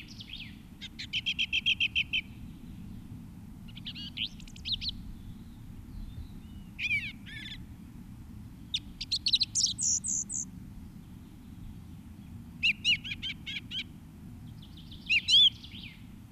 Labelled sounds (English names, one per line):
Song Thrush song